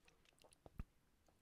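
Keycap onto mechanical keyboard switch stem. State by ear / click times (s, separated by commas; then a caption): not seated / none. A new plastic keycap is handled and placed onto the X-pattern stem of a mechanical keyboard switch before being pushed down. Faint rustling and brief light taps occur around 0.4 to 0.7 s, with a firmer low thud of contact at 0.8 s. The keycap has not seated or clicked into place yet.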